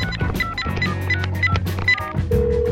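A quick run of short electronic keypad beeps as a phone number found in the phone book is dialed, followed by a steady low ringing tone, all over a busy musical backdrop.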